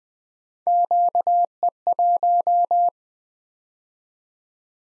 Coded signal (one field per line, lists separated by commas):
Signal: Morse code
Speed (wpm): 20 wpm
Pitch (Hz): 700 Hz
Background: none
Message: QE1